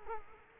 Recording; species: mosquito wingbeat signal from an infrared sensor; Culex quinquefasciatus